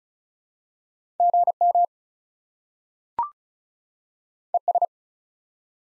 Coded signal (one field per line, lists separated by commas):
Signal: Morse code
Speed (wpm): 36 wpm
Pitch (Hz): 700 Hz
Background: none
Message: GM ES